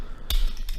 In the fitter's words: I'm going to click in place once you do that so that it's out of the way.